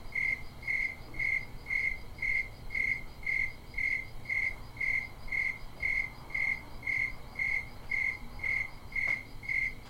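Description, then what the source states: Cricket chirps repeating regularly, roughly twice per second, high and pure, with a single soft click near the end. Several crickets recorded in Bisbee.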